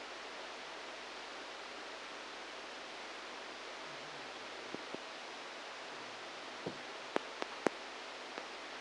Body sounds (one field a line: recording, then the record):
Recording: brain microelectrode recording played as sound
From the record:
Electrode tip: outside the subthalamic nucleus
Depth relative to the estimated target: 5 mm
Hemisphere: left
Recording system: NeuroSet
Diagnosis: Parkinson's disease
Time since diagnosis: 10 years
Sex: male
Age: 63 years